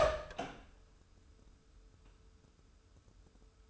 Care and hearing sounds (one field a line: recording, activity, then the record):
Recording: daily activity, microphone in the room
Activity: open door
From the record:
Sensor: 2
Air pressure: 1015.0 hPa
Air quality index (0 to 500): 172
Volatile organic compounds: 10 ppm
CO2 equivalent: 2242 ppm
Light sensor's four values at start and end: 13/35/14/15 and 13/35/14/15